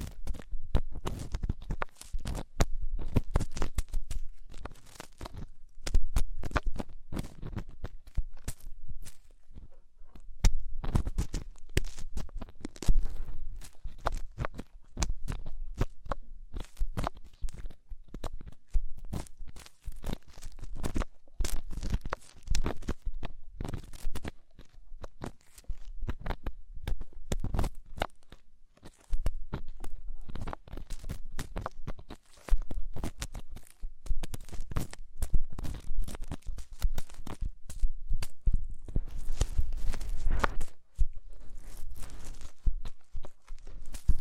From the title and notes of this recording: ASMR INTENSE Deep Ear Cleaning (No Talking).